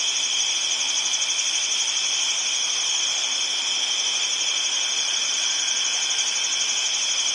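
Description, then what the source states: Cricket chorus, shrill continuous trilling from many insects blending into a steady high buzz for the whole stretch. Midwest, at night.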